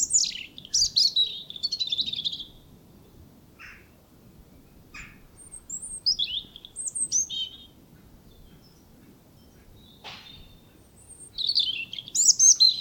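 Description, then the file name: European robin delivering separate high, tinkling song phrases with descending slurs and trills, spaced by pauses, plus a few faint clicks. "Erithacus rubecula"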